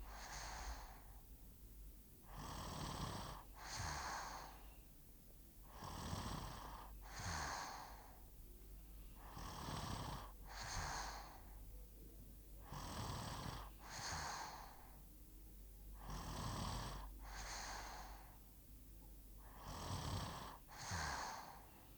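Regular rattling snores on each breath, about 18 breaths a minute, from a sleeping 5-year-old child.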